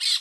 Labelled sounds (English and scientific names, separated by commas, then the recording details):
Brown-throated Parakeet (Eupsittula pertinax) contact call
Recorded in Curacao
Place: Hoffi Jan Thiel
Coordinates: 12.094, -68.877